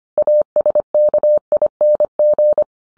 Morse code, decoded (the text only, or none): ASKING